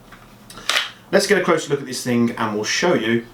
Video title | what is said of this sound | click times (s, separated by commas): Action Army AAP-01 - Bringing It Home Ep. 67 | AAP-01 clicks into place, and I was able to use that pretty much all day. | 0.7 s